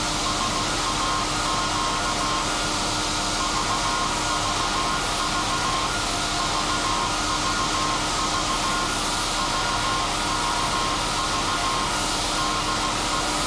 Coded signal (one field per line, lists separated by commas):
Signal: Morse code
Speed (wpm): 16 wpm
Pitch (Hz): 1060 Hz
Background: none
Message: SAQ VVV VVV VVV DE